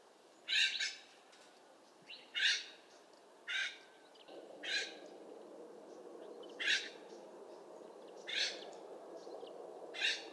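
Bird giving repeated harsh squawks; a broad hissing background swells from about four seconds on.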